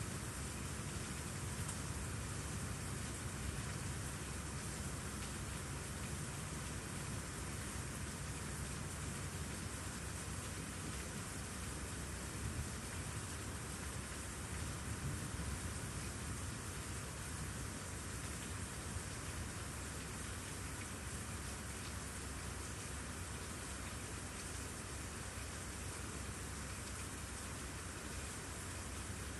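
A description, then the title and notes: Steady rain falls throughout, a dense, even hiss spread from low rumble to bright top with no real breaks. A faint low drone runs underneath, possibly traffic, and the level stays constant for the whole half minute. Cozy Rainy Night.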